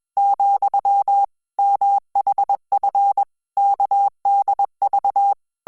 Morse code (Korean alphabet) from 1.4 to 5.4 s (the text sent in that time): 문 을